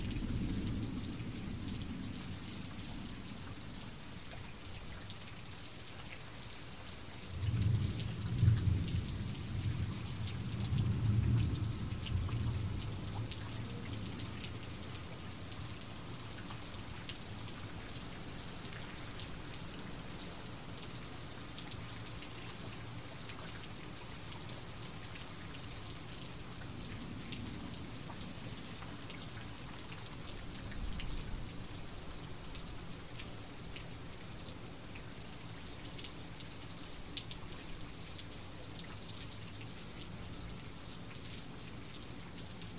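Steady rain patters densely on a roof, with low rumbling swells around eight to twelve seconds and a brief one near thirty.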